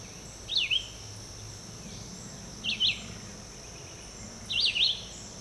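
Red-eyed vireo singing three wavering, slurred whistled phrases spaced about two seconds apart, with a continuous high hum.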